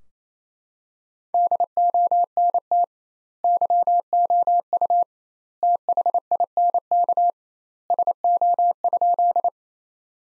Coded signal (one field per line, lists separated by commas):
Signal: Morse code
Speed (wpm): 28 wpm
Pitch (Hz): 700 Hz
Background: none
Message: DONT YOU THINK SO?